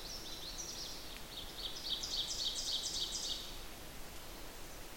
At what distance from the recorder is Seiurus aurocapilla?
about 40 m